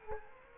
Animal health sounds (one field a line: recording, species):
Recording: mosquito wingbeat signal from an infrared sensor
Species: Culex quinquefasciatus